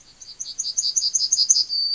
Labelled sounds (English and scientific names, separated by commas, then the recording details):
Yellowhammer (Emberiza citrinella) song
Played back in forest
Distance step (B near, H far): C
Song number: 133